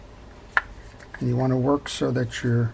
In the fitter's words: holes for the screws are properly seated usually a nice little click which i heard i don't know if we were able to